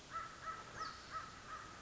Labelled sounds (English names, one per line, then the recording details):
American Crow
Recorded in Sonoma County, California